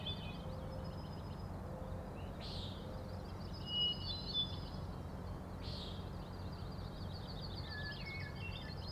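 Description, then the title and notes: Common nighthawk peent calls: two short nasal buzzy notes about three seconds apart, over a low background rumble. Three birds peenting, flying one after another in very close formation near the recordist; Schoodic Head overlook, Acadia National Park, Winter Harbor, Maine; 16 June 2017, 4am. "Common Nighthawks, Schoodic Head 061617 4am. 3 common nighthawks making peenting calls and wings booms but also a rattling noise at the Overlook (410 ft) on Schoodic Head (435 feet) Schoodic division Acadia National Park Winter Harbor, ME"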